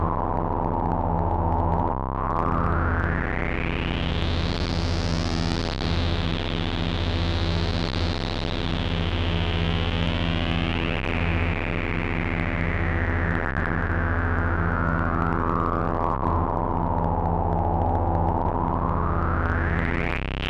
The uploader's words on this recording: Playing with Square Waves. Modules used: Bastl ABC mixer, Befaco Rampage, Even VCO, Pico RND, Make Noise Maths, Morphagene, 0-coast, Ornament and Crime, Zlob SVF, Diode Chaos, Mutable Instruments Clouds.